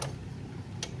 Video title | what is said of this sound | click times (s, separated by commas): nguyên nhân xe vào số trả số không chạy được | Nghe cái rắc có nghĩa là số nó có kéo thì nó trả lại. | 0.0 s, 0.8 s